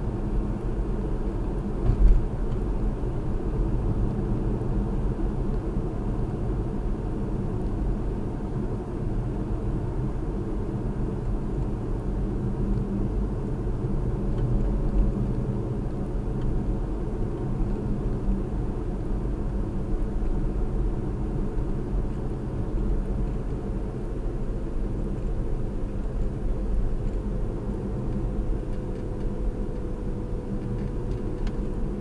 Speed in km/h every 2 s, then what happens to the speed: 60, 60, 60, 58, 56, 55, 55, 55, 53, 53, 53, 53, 52, 50, 48, 47.
0-32 slows to 47.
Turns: none.